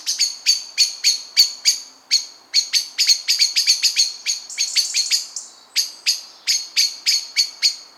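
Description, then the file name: Common blackbird giving sharp, dry chinking calls in a fast, uneven series of about three per second, briefly speeding into a chattering run midway, with no other clear sounds. "Turdus merula"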